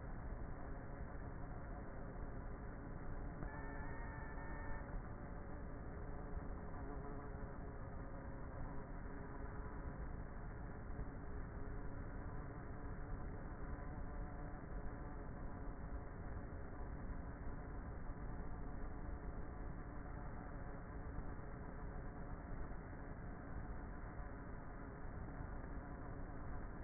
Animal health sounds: honeybee colony, microphone inside the hive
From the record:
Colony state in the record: queenless with a low population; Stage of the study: before two queens were removed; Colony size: about 30,000 bees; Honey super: no

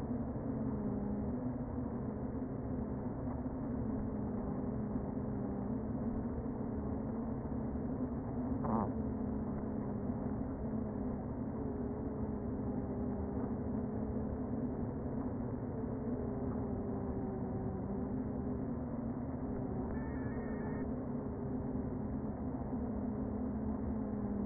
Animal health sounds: honeybee colony, microphone inside the hive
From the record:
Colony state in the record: queen present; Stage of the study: before two queens were removed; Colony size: about 60,000 bees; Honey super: yes

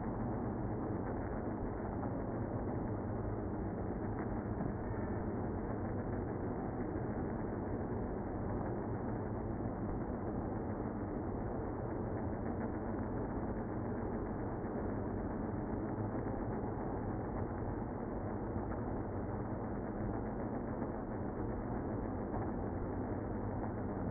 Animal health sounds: honeybee colony, microphone inside the hive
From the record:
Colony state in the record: queenless (queen removed); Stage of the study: after two queens were removed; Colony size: about 60,000 bees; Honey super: yes

